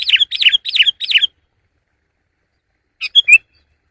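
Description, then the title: Sooty-headed bulbul giving four quick falling phrases, then silence and three short separate chirps. "kutilang"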